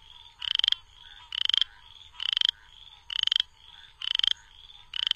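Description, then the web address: Southern chorus frog giving short rasping trills about once a second, a fainter trilling chorus between them. North America. "Songs of Frogs Toads of North America. Southern Chorus Frog"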